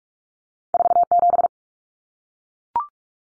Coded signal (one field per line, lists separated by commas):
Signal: Morse code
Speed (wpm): 44 wpm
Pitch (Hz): 700 Hz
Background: none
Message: 47